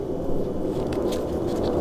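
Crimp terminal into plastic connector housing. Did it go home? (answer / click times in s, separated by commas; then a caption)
no / none. A metal crimp terminal, its little flap on the bottom, is lined up with its slot in a black plastic connector housing before being pushed home. A steady low rumble runs throughout, with faint handling scrapes and a brief light tick at about 0.9 s. The terminal has not seated or clicked yet.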